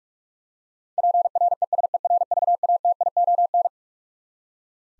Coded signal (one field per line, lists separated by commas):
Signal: Morse code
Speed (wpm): 46 wpm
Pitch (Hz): 700 Hz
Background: none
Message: PRESERVATION